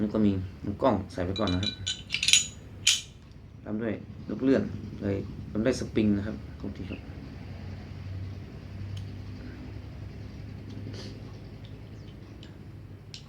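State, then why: Not seated. During Glock 19 reassembly, the metal recoil spring and guide rod are handled as they are fitted toward the pistol slide. Someone talks while brief metallic clinks and taps sound, followed by quieter handling. Nothing has seated or clicked into place yet.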